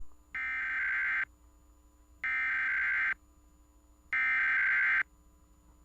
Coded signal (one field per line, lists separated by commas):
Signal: Emergency Alert System (SAME) tones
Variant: header bursts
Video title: (My First Video!!) EAS #01 Guam's Required Monthly Test (Great Shakeout Drill) on KGUM-AM